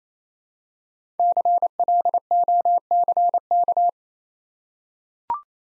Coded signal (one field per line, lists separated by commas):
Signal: Morse code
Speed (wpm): 27 wpm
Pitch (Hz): 700 Hz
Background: none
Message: CLOCK